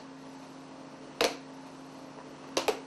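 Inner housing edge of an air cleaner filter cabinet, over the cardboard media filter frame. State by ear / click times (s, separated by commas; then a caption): seated / 1.2 s, 2.6 s. The plastic edge of a whole-house air cleaner's inner housing is snapped back down over the cardboard frame of the media filter. Against a low steady hum, sharp clicks come at 1.2 s and 2.6 s, with a second quick click right after the later one. The housing edge is seated firmly in place.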